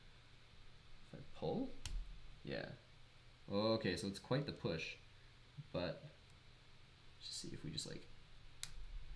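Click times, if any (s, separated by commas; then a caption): 8.6 s. A press-fit (not screwed) part is pushed hard into a drone landing leg assembly, an Inspire 2 landing leg under repair, while someone talks. It snaps into place with a sharp click at 8.6 s, taking considerable force to seat.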